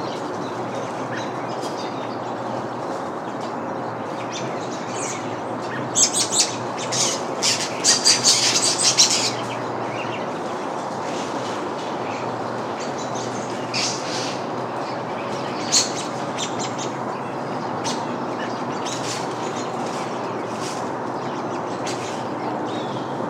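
Backyard birds chirp over a steady, low, droning roar from a leaf blower that runs the whole time. A burst of bright, quick chirps clusters around six to nine seconds, with scattered single calls later, near fourteen and sixteen seconds.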